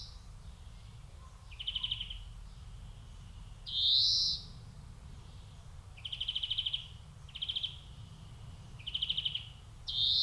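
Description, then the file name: European greenfinch: buzzy trilled bursts alternating with long rising nasal wheezes, repeated throughout over a soft low rumble. "Chloris chloris"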